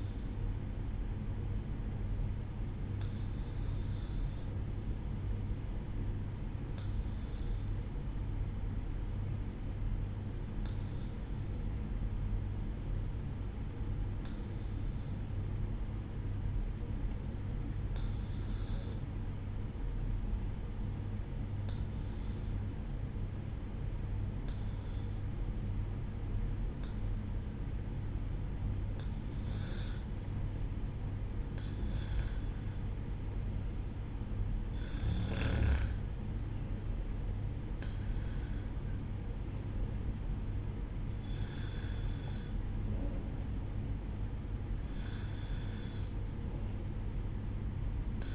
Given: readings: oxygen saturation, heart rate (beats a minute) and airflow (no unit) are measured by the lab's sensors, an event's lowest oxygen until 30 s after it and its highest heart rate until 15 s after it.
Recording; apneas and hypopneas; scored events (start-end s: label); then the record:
breathing in sleep by a smartphone at the bedside; 1
4.00-29.80 s: obstructive apnea (REM, oxygen 96% highest, then 93% lowest, heart rate 59 at the start, 67 highest)
40.00-48.34 s: new sleep stage, N1 (lightest sleep)
From the record:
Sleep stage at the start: REM sleep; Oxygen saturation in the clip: 93 to 96%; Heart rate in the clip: 58 to 67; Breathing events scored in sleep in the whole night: 305 in 9.6 hours asleep